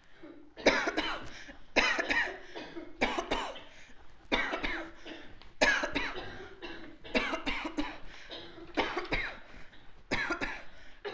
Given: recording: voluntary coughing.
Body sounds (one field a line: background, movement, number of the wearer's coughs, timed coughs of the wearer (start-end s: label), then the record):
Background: a bystander coughing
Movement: walking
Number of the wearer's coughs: 17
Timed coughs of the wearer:
0.63-0.94 s: cough
0.94-1.29 s: cough
1.74-2.08 s: cough
2.08-2.38 s: cough
2.99-3.23 s: cough
3.29-3.61 s: cough
4.29-4.60 s: cough
4.62-4.88 s: cough
5.59-5.90 s: cough
5.93-6.37 s: cough
7.12-7.39 s: cough
7.44-7.76 s: cough
7.76-8.06 s: cough
8.75-9.10 s: cough
9.10-9.31 s: cough
10.10-10.39 s: cough
10.38-10.69 s: cough
From the record:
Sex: female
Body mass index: 36.4 kg/m2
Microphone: on the chest, facing the body